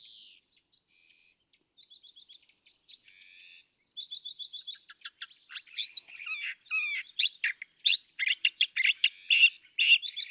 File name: California Thrasher